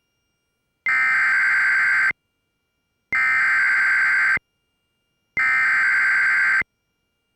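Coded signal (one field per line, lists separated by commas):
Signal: Emergency Alert System (SAME) tones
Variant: header bursts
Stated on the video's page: Considerable severe thunderstorm warning with a "Dangerous Storm" tag, broadcast on KFAF Radio for Downtown New Orleans.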